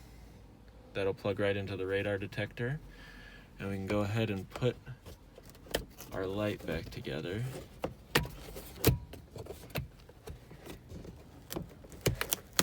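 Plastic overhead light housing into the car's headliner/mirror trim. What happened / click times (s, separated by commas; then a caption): The plastic housing is being handled but has not yet snapped home / none. Someone talks while handling a plastic overhead light housing in a car after plugging in a radar detector wire, about to refit it into the headliner/mirror trim. Brief plastic taps and knocks come through, with sharper clicks near the end. Nothing has seated or clicked into place yet.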